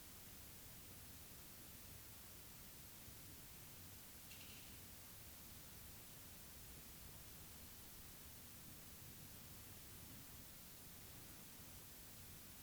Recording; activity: daily activity, guitar pickup as the sensor; lie down